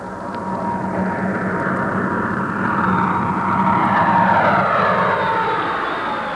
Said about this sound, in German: Über dem Donner höre ich den Düsenjäger.